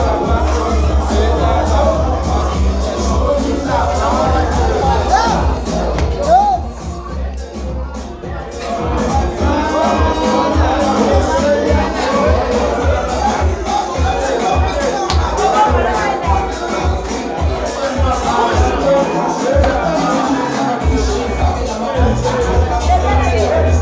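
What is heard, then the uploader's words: Crowded sports bar chatter: many overlapping voices talking at once, forming a dense, steady babble with a low rumble underneath. The level stays fairly constant throughout, dipping briefly around the seven-second mark before the murmur fills back in. In this episode I head out to a local sports bar, as one does during the blackouts.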